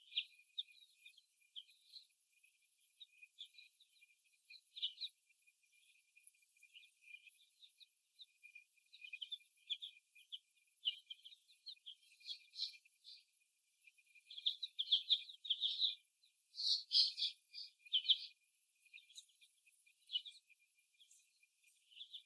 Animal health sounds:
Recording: young laying hens in a cage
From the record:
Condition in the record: after the stressor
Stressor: simulated dog barking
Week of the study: 1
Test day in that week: 1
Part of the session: 3

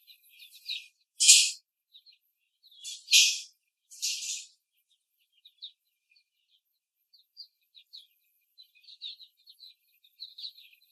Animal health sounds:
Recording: young laying hens in a cage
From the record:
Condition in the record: after the stressor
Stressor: simulated dog barking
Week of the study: 3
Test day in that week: 2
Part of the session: 1

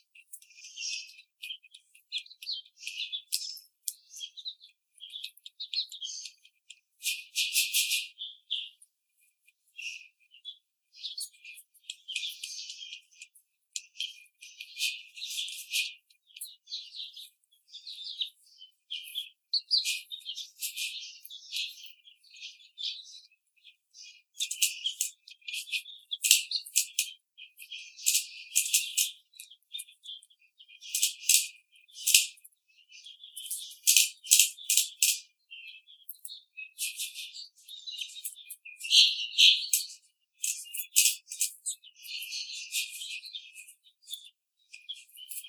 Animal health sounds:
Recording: young laying hens in a cage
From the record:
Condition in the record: treatment cage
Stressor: simulated dog barking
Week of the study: 5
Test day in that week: 1

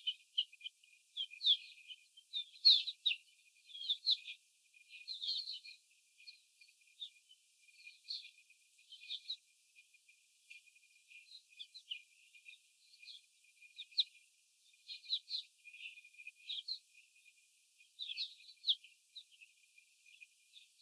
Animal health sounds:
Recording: young laying hens in a cage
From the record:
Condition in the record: before the stressor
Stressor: simulated dog barking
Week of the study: 4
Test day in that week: 3

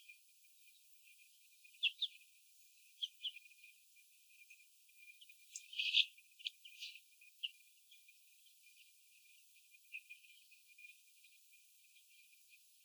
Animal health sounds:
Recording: young laying hens in a cage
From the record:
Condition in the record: after the stressor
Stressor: sudden umbrella opening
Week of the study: 2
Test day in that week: 1

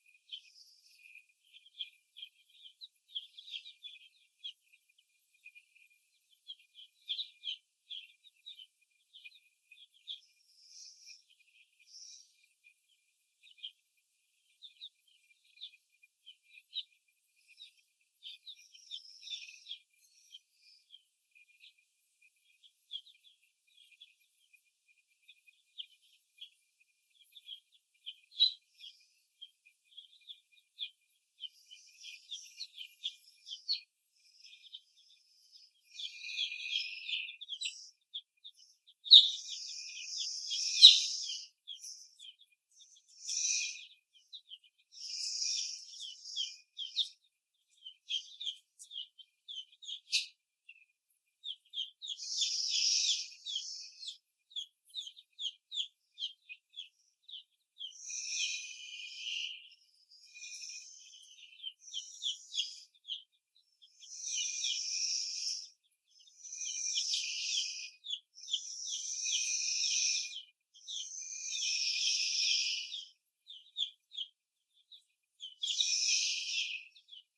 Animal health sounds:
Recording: young laying hens in a cage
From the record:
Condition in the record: after the stressor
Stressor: simulated dog barking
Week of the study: 1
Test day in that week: 2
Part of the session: 2

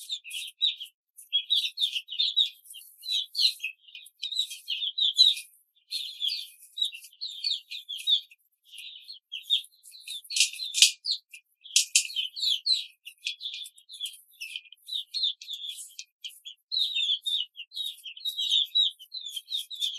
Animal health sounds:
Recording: young laying hens in a cage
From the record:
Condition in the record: control cage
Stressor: none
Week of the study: 5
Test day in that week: 1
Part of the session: 3

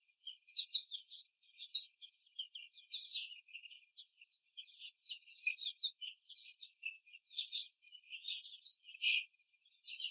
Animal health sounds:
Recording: young laying hens in a cage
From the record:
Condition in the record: before the stressor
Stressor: simulated dog barking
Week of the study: 3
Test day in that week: 1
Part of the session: 4

